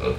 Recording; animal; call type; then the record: contact call of a hoofed animal; pig; closed-mouth grunt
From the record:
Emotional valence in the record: positive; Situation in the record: food and toys in familiar pen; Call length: 0.19 s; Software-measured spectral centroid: 1830 Hz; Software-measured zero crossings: 1180 a second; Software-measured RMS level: -25 dBFS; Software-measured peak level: -11 dBFS